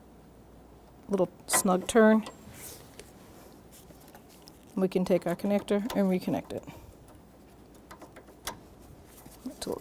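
Someone talks while reconnecting a wiring harness connector into its plastic sensor socket in the AC condenser area of a 2005–2021 Nissan Frontier 4.0L V6 during an AC condenser and receiver drier replacement. The connector is pushed on until a sharp tick at 8.5 s shows it has clicked in and seated.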